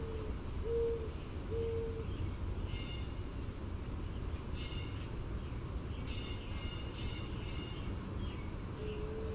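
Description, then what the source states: Mourning dove: two soft hoots at the start, then several bursts of whistling wingbeats, and the start of another coo at the end, over low rumbling noise. Cooing, with wing whistle made in flight.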